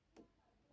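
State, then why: Not seated. A bobbin case is handled as it is reinstalled into a sewing machine's hook assembly, making one brief, soft handling noise around 0.2 s against a quiet background. Nothing has seated or clicked into place yet.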